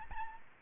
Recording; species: mosquito wingbeat signal from an infrared sensor; Aedes albopictus